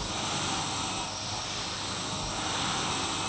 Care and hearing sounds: daily activity, microphone in the room; vacuum cleaning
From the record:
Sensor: 1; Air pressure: 991.0 hPa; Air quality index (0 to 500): 118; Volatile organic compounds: 173 ppm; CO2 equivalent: 4118 ppm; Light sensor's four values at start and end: 18/43/18/20 and 18/39/17/19

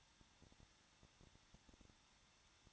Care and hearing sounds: daily activity, microphone in the room; no activity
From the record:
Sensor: 3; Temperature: 21.2 degrees Celsius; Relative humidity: 36.5%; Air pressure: 1006.4 hPa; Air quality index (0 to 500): 224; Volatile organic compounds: 44 ppm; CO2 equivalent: 3215 ppm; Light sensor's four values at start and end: 2/3/2/2 and 2/3/2/2

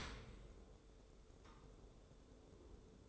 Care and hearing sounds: daily activity, microphone in the room; open dishwasher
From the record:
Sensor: 3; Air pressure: 1014.9 hPa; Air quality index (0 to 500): 34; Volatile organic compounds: 1 ppm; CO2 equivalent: 554 ppm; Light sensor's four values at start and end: 11/26/11/11 and 11/26/11/11

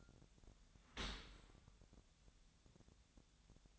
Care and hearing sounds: daily activity, microphone in the room; open dishwasher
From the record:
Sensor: 3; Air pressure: 1006.7 hPa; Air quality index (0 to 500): 208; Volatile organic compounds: 19 ppm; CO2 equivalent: 2658 ppm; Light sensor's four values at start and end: 10/24/10/10 and 10/24/10/10

